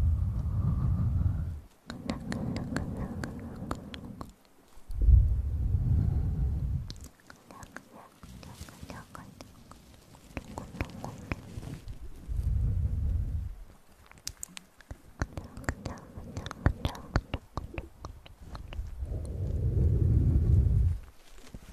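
Mouth sounds at close range, a rapid run of wet clicks, smacks and lip noises that tick through nearly the whole clip. Low, muffled breathy swells rise and fall every few seconds, around 0–2, 5–6.5, 12–13.5 and 19–21 seconds.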